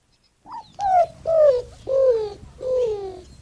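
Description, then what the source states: Greater roadrunner giving several soft coos in quick succession, each slurring downward. Soft cooing voice that sounds rather like a lonely puppy.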